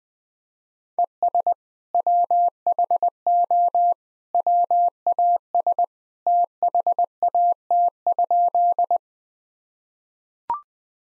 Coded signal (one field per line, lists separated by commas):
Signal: Morse code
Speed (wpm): 20 wpm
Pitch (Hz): 700 Hz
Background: none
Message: ES WHO WAS THAT?